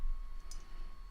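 A locking clip on a Beagleprint 3D camera accessory for a Creality Hi Combo 3D printer is bent until it pops free, giving a single sharp click at 0.5 s over a quiet, steady background hum. The clip releases and unlocks.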